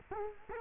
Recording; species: mosquito wingbeat signal from an infrared sensor; Culex quinquefasciatus